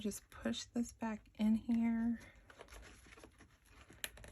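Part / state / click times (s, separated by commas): closure/insert piece pushed back into a traveler's notebook cover / seated / 4.0 s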